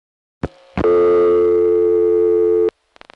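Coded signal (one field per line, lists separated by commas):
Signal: telephone call progress tone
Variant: North America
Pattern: dial tone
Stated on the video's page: MF trunk signalling from a Nyack crossbar sector via N1 carrier from Mamaroneck NY #5 Crossbar, 1981.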